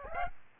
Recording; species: mosquito wingbeat signal from an infrared sensor; Aedes aegypti